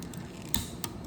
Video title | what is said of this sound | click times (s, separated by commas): How to replace your Synology nas door not closing? How to install a symbology drive in minutes? | click, click. So that holds it. | 0.5 s, 0.8 s